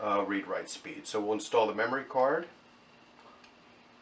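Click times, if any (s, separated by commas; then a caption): none. Someone talks for about the first 2.5 seconds while a memory card is handled for insertion into the card slot of an underwater camera, followed by quiet low background noise. Nothing has seated or clicked yet; the card has not gone home in the slot by the end of the clip.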